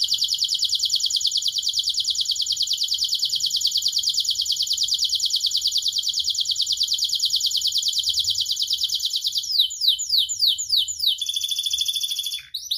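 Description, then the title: Atlantic canary delivering a long, even, very rapid trill lasting about nine seconds, then switching to slower downslurred notes and a short buzzy phrase. Canary (kenari) described as gacor, singing with the best cengkok and a very rich isian. "Kenari Gacor Cengkok Terbaik Isian Paling Mewah Kenarigacor Kicaumania Kenari"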